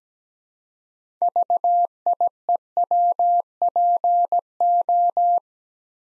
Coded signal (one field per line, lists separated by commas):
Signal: Morse code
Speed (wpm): 17 wpm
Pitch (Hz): 700 Hz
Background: none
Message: VIEWPO